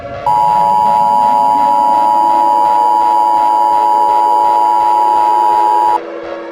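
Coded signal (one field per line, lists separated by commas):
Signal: Emergency Alert System (SAME) tones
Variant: 853 and 960 Hz attention tone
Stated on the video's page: Fictional mock EAS alert about a gamma ray burst.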